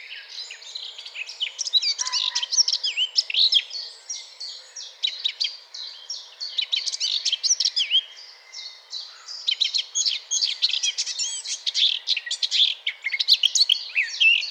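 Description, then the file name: Eurasian blackcap pouring out a prolonged warbling song of mixed scratchy and sweet notes, with a few short lulls between bursts. "Sylvia atricapilla"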